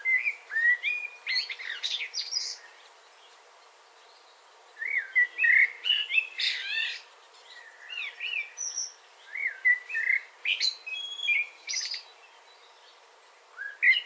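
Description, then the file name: Common blackbird singing fluty whistled phrases mixed with squeaky high flourishes, a pause after the first phrase, then a longer run of phrases. "Turdus merula"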